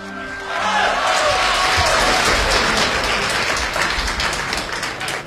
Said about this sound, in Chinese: 感谢您各位啊， 嗯， 感谢您掌声鼓励。